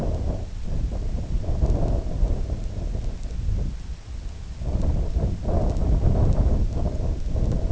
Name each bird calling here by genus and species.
none